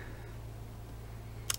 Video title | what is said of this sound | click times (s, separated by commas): smARtDUINO by SmartMaker 5to5d Example Blink (SMRTM502, SMRTC002, SMRTB104) | They do snap pretty hard. | 1.5 s